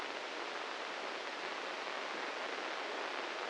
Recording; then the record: brain microelectrode recording played as sound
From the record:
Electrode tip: inside the subthalamic nucleus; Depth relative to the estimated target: 2 mm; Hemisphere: right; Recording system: NeuroSet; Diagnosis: Parkinson's disease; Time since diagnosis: 15 years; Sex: male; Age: 65 years